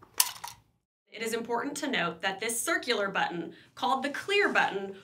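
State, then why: Released. The door latch of a Master Lock Bluetooth real-estate lock box, opened from an app over Bluetooth, releases with a sharp click at 0.2 s, followed by a couple of softer clicks. After a short silence, someone talks.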